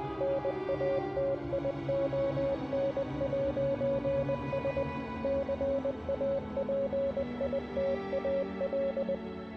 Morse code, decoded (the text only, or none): NATION'S CAPITAL